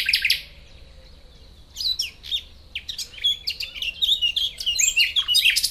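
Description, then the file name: Common nightingale song: a short phrase, a pause, then quick varied chirps and whistled notes. "Luscinia megarhynchos"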